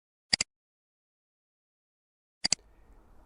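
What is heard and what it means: A flat screwdriver levers the bottom tab of a programmable relay (PLC) module so it releases from the DIN rail. Sharp double clicks sound at 0.3 s and 2.5 s, with faint low noise after the second. The module clicks off and comes free of the rail.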